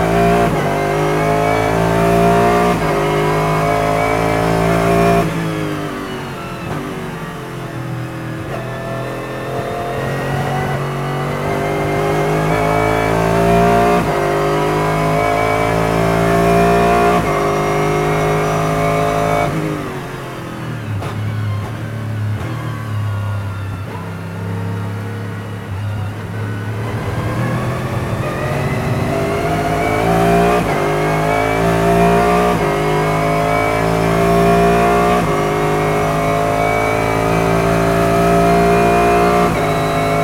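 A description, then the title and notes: A V8 engine winds up hard through repeated runs, its tone climbing steadily in pitch, then dropping sharply at shifts or lifts around 5 and 20 seconds before building again. The sound is loud, close and dense, with a deep rumble under bright rising whine. Lexus RC F GT3 In-Car Audio, Mid-Ohio 2019. During practice for IMSA's 2019 visit to Mid-Ohio.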